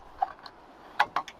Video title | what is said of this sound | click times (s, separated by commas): Installing Skoda Yeti Roof Rack | snaps into place locks okay | 1.0 s